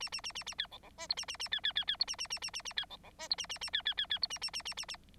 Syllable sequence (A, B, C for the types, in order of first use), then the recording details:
A A A A A B C C D E A A A B B B B E A A A A A A B C C D E A A A B B B B E A A A A A A. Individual Bird9